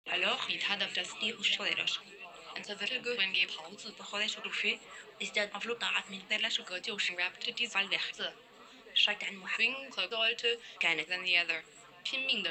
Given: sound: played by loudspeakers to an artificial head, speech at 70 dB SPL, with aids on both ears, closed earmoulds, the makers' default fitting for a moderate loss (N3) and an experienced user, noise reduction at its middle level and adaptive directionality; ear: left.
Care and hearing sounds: speech test signal (ISTS) in cocktail-party noise; +6 dB; in front (0 degrees)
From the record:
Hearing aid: class 1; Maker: I

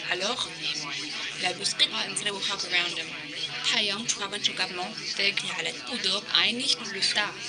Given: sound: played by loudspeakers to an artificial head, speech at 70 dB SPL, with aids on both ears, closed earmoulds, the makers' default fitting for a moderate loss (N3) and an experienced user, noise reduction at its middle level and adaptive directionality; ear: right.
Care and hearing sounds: speech test signal (ISTS) in cocktail-party noise; +3 dB; in front (0 degrees)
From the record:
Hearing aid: class 2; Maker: A

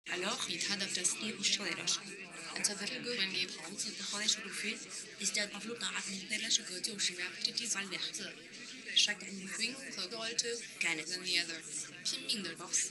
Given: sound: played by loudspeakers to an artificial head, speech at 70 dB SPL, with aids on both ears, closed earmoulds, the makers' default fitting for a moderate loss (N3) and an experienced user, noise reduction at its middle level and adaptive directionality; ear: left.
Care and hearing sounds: speech test signal (ISTS) in cocktail-party noise; +3 dB; in front (0 degrees)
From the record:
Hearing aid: class 1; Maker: H

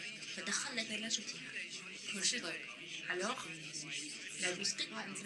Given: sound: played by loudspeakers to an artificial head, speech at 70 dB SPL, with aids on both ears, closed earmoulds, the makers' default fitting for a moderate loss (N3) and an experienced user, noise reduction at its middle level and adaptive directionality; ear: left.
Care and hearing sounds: speech test signal (ISTS) in cocktail-party noise; +6 dB; on the right (90 degrees)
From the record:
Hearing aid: class 1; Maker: J

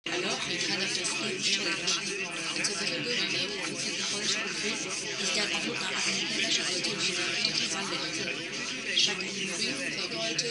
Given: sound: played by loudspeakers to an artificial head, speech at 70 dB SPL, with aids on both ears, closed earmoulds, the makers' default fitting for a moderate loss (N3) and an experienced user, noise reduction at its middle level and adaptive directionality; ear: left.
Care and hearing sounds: speech test signal (ISTS) in cocktail-party noise; -3 dB; on the right (90 degrees)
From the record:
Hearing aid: class 1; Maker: B

